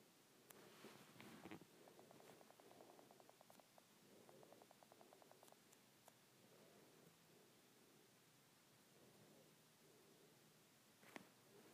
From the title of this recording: iPad Screen Tapping